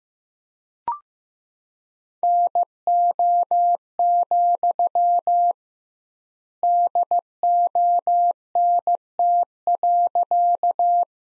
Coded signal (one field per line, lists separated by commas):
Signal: Morse code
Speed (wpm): 15 wpm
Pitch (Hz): 700 Hz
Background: none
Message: NO, DONT.